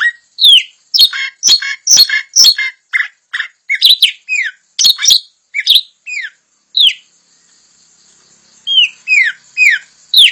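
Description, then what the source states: Puff-throated babbler song: a rapid series of sharp chirps, then downslurred whistles, a short pause and more downslurred whistles. Song style described in Indonesian as gacor dor.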